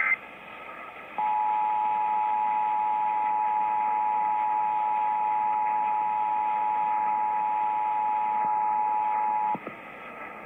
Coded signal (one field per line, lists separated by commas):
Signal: Emergency Alert System (SAME) tones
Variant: 853 and 960 Hz attention tone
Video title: Ohio Required Monthly Tests (EAS #880-881)